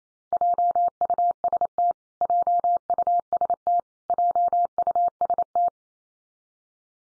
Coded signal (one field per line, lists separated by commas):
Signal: Morse code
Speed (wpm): 28 wpm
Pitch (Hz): 700 Hz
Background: none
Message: JUST JUST JUST